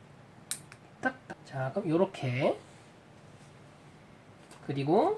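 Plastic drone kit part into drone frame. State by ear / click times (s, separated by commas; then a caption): seated / 0.5 s. A plastic part of a drone building kit is pressed into its mount on the drone frame and seats with a sharp snap at 0.5 s, followed by a few smaller ticks. Someone then talks.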